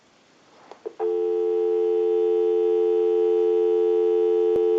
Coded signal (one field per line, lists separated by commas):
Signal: telephone call progress tone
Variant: North America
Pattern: dial tone